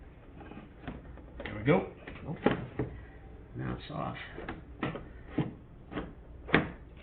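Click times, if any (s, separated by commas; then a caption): 6.5 s. Someone talks while a headlight assembly on a 1999-2004 Ford Mustang, which came off during a double check, is handled with several knocks and rattles. It is then pushed back onto its body mounts and snaps in with a loud click at 6.5 s, seating it in place.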